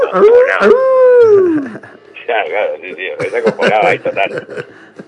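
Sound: dog howling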